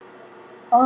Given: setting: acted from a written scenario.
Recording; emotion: vocal sound without words; romantic love